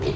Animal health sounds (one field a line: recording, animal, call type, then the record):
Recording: contact call of a hoofed animal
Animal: pig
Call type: closed-mouth grunt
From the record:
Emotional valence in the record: positive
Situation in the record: food and toys in familiar pen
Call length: 0.16 s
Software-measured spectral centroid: 1940 Hz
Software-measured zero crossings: 1190 a second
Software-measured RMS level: -25 dBFS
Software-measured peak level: -12 dBFS